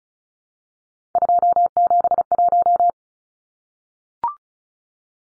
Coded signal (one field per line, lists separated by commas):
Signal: Morse code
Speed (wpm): 34 wpm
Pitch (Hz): 700 Hz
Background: none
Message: 271